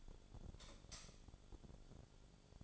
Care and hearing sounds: daily activity, microphone in the room; light off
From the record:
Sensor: 5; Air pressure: 1009.9 hPa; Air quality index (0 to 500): 159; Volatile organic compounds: 4 ppm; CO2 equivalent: 1550 ppm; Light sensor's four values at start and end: 196/496/205/221 and 195/494/204/220

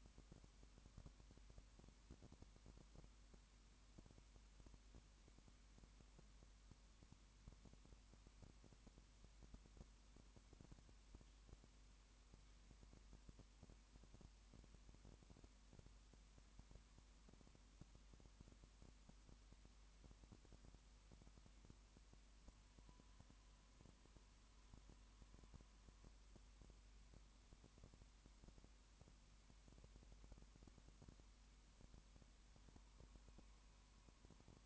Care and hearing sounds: daily activity, microphone in the room; no activity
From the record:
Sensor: 1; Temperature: 19.2 degrees Celsius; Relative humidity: 37.9%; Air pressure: 1001.1 hPa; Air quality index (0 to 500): 198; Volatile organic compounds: 7 ppm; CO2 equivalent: 2000 ppm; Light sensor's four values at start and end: 1/2/1/1 and 1/2/1/1

